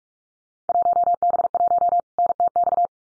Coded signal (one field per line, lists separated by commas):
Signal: Morse code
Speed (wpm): 46 wpm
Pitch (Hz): 700 Hz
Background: none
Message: 1B1 NTX